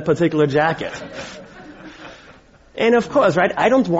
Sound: laughter

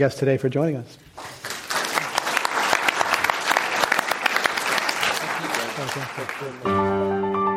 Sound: applause

